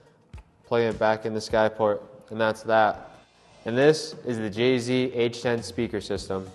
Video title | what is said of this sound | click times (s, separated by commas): JZ Payloads for Matrice 30 (JZ T60, S2, H10, M30) Unboxing - Maverick Drone Systems | taking this one sliding it in the front wait till you hear the click | 0.3 s, 0.4 s